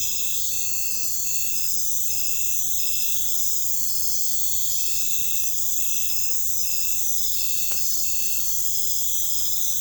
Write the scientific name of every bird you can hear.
none